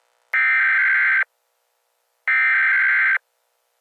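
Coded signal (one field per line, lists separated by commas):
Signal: Emergency Alert System (SAME) tones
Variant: header bursts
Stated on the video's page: Fictional EAS scenario with valid tones, based on the horror film Cujo.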